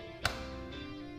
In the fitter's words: feel it lock into place making sure that there's no movement in the bike lock